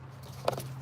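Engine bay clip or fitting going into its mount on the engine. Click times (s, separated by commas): 0.5 s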